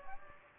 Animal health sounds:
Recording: mosquito wingbeat signal from an infrared sensor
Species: Aedes aegypti

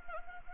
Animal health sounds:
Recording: mosquito wingbeat signal from an infrared sensor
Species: Anopheles arabiensis

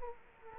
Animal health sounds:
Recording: mosquito wingbeat signal from an infrared sensor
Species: Culex quinquefasciatus

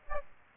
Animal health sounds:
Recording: mosquito wingbeat signal from an infrared sensor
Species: Aedes aegypti

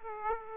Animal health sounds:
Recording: mosquito wingbeat signal from an infrared sensor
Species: Aedes aegypti

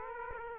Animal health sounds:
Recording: mosquito wingbeat signal from an infrared sensor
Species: Aedes aegypti

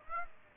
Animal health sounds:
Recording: mosquito wingbeat signal from an infrared sensor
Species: Aedes aegypti

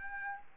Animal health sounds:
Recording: mosquito wingbeat signal from an infrared sensor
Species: Aedes albopictus

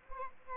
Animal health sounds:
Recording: mosquito wingbeat signal from an infrared sensor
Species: Aedes albopictus

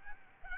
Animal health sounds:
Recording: mosquito wingbeat signal from an infrared sensor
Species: Aedes albopictus

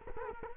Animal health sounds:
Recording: mosquito wingbeat signal from an infrared sensor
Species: Culex quinquefasciatus

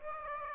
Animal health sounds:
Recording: mosquito wingbeat signal from an infrared sensor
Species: Aedes aegypti

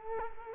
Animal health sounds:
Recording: mosquito wingbeat signal from an infrared sensor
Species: Culex quinquefasciatus

